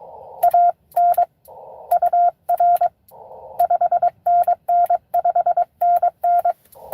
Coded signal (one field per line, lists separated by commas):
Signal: Morse code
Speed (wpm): 22 wpm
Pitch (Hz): 700 Hz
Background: radio noise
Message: AN UR 5NN 5NN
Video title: N2AKJ is live! doing pota at us-2114 #pota #cw #n2akj #morsecode